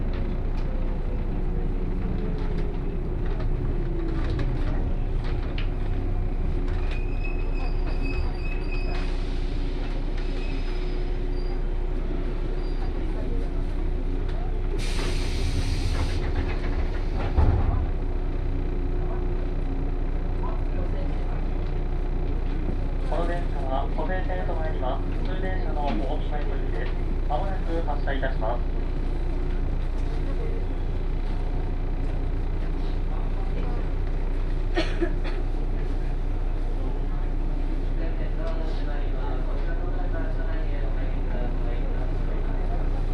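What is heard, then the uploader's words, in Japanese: A Series 117 local train on the Kosei Line runs with a steady low rumble of motor and wheels. A motor whine falls away over the first seconds, a brief hiss and thump come near 15–17 seconds, and voices talk around 23–29 seconds. 湖西線普通 京都→小野 117系。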